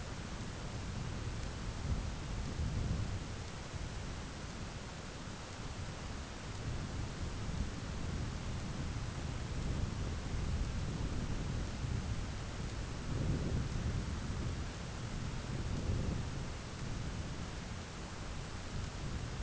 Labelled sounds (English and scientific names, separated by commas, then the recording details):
none
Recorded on Arctic tundra, site ZACK-1, on 11 June 2019
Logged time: 11:49